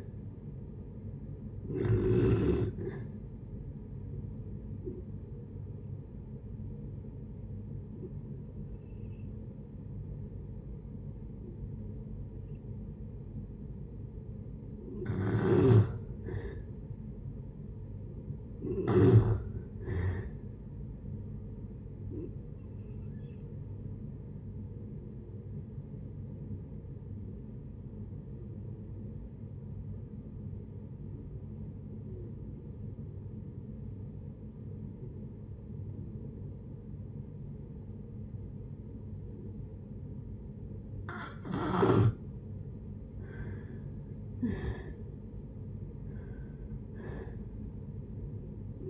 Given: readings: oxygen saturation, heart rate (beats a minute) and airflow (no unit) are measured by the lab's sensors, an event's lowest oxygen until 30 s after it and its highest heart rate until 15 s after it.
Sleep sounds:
breathing in sleep by a smartphone at the bedside; 2
3.00-18.60 s: hypopnea (N2, oxygen 95% highest, then 88% lowest, heart rate 64 at the start, 71 highest)
23.00-42.80 s: hypopnea (N2, oxygen 95% highest, then 81% lowest)
47.00-48.90 s: new sleep stage, N1 (lightest sleep)
From the record:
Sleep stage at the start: N2 (light sleep); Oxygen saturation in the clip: 87 to 95%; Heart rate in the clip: 56 to 77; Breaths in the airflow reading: 12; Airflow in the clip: -7.4 to 7.9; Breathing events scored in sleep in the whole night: 496 in 5.4 hours asleep

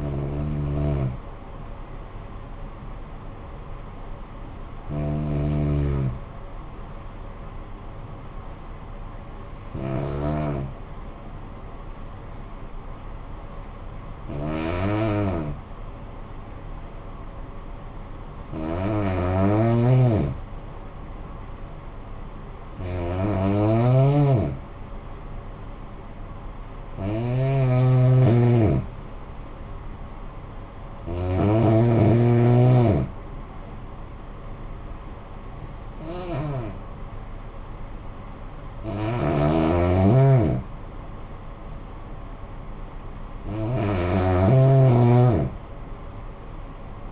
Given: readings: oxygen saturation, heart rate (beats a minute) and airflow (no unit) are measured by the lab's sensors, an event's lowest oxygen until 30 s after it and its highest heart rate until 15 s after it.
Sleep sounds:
breathing in sleep by a smartphone at the bedside; 1
5.00-20.80 s: hypopnea (N2, oxygen 97% highest, then 91% lowest, heart rate 49 at the start, 55 highest)
From the record:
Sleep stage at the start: N2 (light sleep); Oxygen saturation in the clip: 91 to 97%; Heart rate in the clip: 48 to 55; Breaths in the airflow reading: 11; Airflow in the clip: -9.7 to 6.7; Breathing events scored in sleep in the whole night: 445 in 7.6 hours asleep

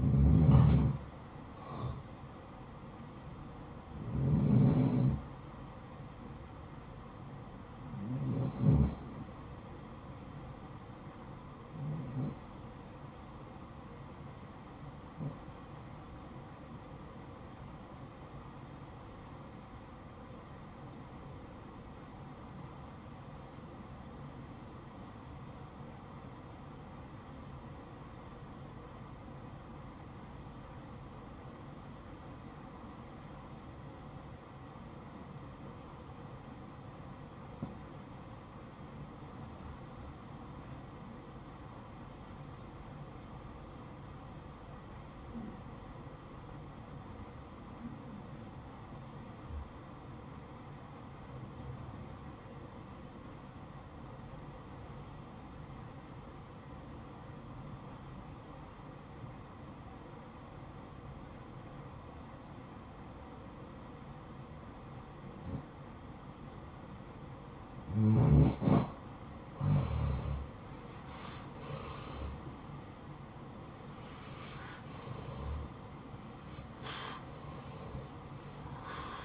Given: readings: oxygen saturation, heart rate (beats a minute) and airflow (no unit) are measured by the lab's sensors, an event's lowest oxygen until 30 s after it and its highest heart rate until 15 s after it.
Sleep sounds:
breathing in sleep by a smartphone at the bedside; 1
19.00-68.00 s: obstructive apnea (REM, oxygen 94% highest, then 80% lowest, heart rate 60 at the start, 81 highest)
From the record:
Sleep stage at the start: REM sleep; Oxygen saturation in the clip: 80 to 94%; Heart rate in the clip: 59 to 81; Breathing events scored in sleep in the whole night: 573 in 9.8 hours asleep

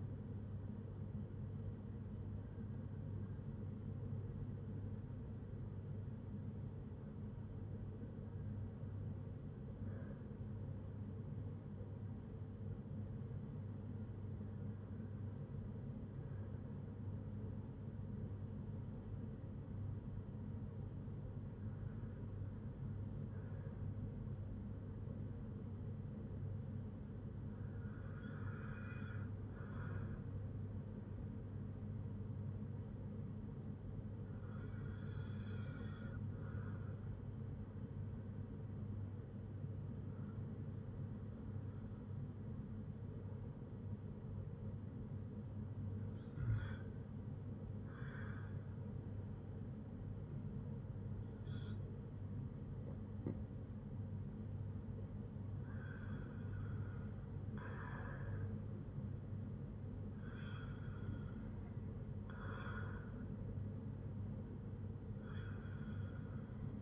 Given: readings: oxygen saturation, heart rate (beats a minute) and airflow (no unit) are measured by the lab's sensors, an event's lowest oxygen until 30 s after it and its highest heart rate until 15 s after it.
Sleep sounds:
breathing in sleep by a smartphone at the bedside; 1
17.00-46.60 s: hypopnea (N1, oxygen 96% highest, then 93% lowest, heart rate 65 at the start, 65 highest)
63.00-66.82 s: new sleep stage, awake
64.00-66.82 s: awake
From the record:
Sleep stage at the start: N1 (lightest sleep); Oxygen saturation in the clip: 89 to 96%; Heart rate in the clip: 58 to 69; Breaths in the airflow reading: 11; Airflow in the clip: -7.0 to 5.7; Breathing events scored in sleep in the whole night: 182 in 7.4 hours asleep

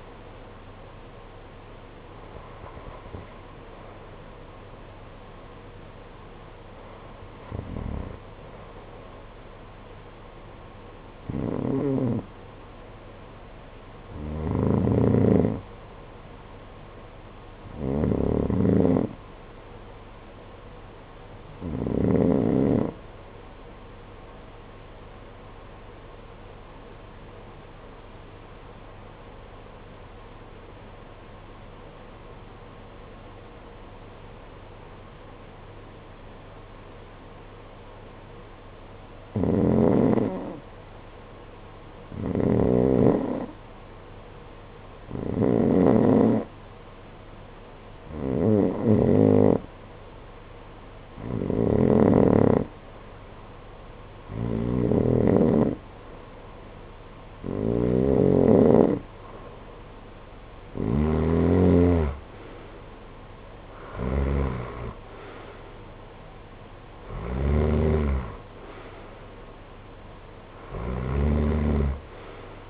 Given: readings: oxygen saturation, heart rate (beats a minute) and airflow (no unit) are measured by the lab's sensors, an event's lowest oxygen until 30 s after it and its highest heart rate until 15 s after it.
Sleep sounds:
breathing in sleep by a voice recorder at the bedside; 1
24.00-40.30 s: obstructive apnea (REM, oxygen 95% highest, then 78% lowest, heart rate 55 at the start, 58 highest)
From the record:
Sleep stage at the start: REM sleep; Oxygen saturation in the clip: 68 to 95%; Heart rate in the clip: 52 to 74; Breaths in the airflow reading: 17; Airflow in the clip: -14.9 to 10.9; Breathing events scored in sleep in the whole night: 476 in 9.7 hours asleep

